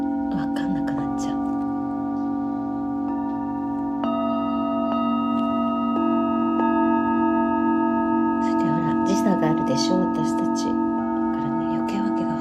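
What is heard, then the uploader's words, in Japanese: Singing bowls ring in a sound healing session, their tones layered and sustained without break. New strikes enter around four, six and eleven seconds, adding brighter overtones. A voice speaks softly at the start and again near nine to ten seconds over the humming drone. メキシコから シンギングボウルのサウンドヒーリング ライブ。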